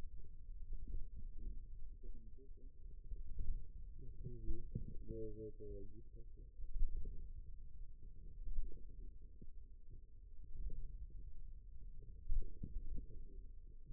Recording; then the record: forearm muscle sounds (acoustic myography)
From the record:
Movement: finger pinch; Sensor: system 2, bracelet of six BSWA MPA416 microphones around the upper forearm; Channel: 3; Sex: male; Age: 22 years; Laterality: right